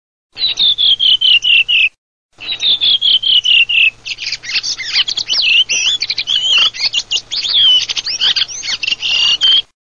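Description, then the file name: Redwing song: a quick run of fluty notes stepping downward, repeated twice, then a rambling, scratchy twitter of varied high notes. "SASSELLO"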